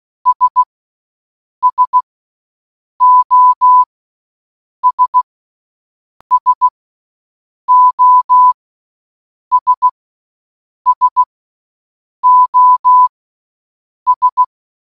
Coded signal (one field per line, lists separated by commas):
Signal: Morse code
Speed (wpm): 16 wpm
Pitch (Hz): 1000 Hz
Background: none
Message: S SOS SOS SOS